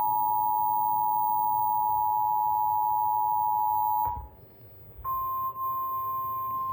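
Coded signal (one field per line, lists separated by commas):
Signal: Emergency Alert System (SAME) tones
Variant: 853 and 960 Hz attention tone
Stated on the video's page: EAS alerts for severe weather relayed through a Cox cable system.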